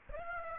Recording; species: mosquito wingbeat signal from an infrared sensor; Aedes aegypti